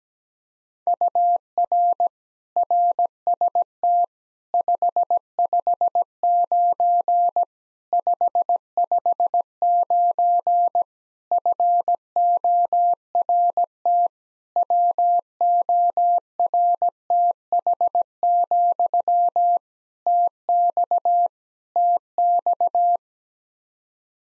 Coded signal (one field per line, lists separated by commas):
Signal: Morse code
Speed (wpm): 17 wpm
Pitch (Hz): 700 Hz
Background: none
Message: UR RST 559 559 FORT WORTH, TX TX